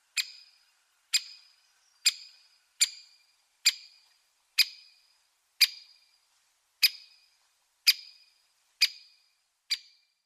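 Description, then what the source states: Great Spotted Woodpecker giving loud, sharp single 'chick' notes, eleven calls spaced roughly one second apart, clean background. Contact call, a loud 'chick', likened to 'chips'.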